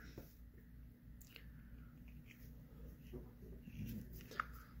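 A plastic insert, the bearing or chip piece, is pushed by thumb into a poi handle knob. Faint handling rustles and small ticks lead up to a sharp snap at 4.4 s as the insert seats in place.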